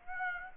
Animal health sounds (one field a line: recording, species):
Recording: mosquito wingbeat signal from an infrared sensor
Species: Aedes aegypti